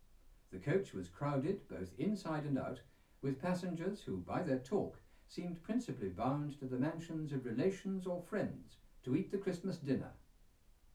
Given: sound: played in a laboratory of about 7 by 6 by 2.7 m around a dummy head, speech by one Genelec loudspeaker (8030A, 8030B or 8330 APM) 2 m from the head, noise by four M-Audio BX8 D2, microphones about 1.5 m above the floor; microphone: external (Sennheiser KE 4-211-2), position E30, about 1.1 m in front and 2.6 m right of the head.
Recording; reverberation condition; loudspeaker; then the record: male speech in English; low; behind (180 degrees)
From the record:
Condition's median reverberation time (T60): about 310 ms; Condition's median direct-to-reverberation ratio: about 3.5 dB